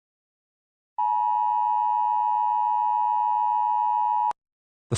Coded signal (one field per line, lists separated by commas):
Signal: Emergency Alert System (SAME) tones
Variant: 853 and 960 Hz attention tone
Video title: EAS Scenario #37: Bloody Painter attack.